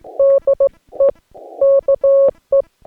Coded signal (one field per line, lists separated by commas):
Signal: Morse code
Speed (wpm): 16 wpm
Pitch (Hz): 550 Hz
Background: none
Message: DE KE